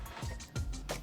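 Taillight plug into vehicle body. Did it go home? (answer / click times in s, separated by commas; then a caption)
no / none. A taillight plug is handled as it is pushed back into the body of a 2018 Jeep Wrangler JL during a Mopar 7-way trailer wiring harness install, with music in the background. A brief handling bump comes at 0.6 s, but nothing has seated or clicked yet.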